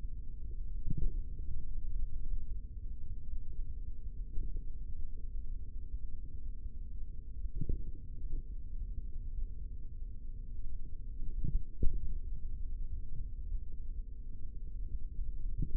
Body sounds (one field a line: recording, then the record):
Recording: forearm muscle sounds (acoustic myography)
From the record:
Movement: finger pinch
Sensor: system 3, bracelet of six PUI Audio POM-2738L microphones around the upper forearm, with dedicated amplification and filtering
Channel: 5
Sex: male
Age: 43 years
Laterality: right